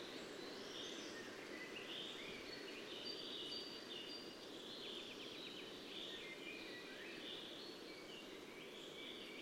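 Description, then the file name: European robin song: thin, high warbled phrases with trills and slurred notes, delivered in varied bursts over a steady hiss of background noise. "Erithacus rubecula"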